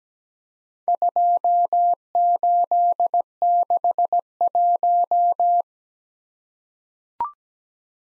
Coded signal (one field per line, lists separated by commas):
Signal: Morse code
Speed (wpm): 17 wpm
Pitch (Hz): 700 Hz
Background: none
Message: 2861